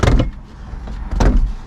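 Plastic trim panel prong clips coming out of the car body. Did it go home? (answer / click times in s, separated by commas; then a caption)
released / 0.0 s, 0.2 s, 1.2 s. Hands pushed behind a plastic interior trim panel in a Dodge Charger pull it off, and its 4 or 5 plastic prong clips pop out of the car body. Sharp clicks sound at 0.0, 0.2 and 1.2 seconds, the panel's clips released.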